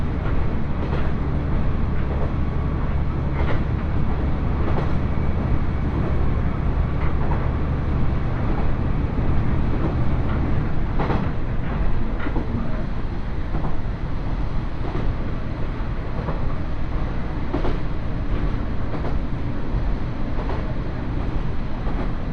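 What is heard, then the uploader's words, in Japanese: Riding a Kanto Railway Joso Line rapid train from Shimodate toward Moriya, a steady low rumble of the moving railcar fills the whole clip. Frequent short clicks and knocks from the wheels and rails recur throughout, with a deeper droning layer fading after about ten seconds. 耳で楽しむ鉄道旅 関東鉄道常総線 快速 下館→守谷。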